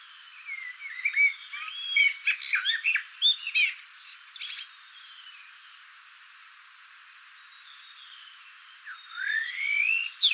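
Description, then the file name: Eurasian blackbird delivering a warbled whistled phrase with squeaky high twitters, then a quiet stretch, then a new phrase starting near the end. "Turdus merula"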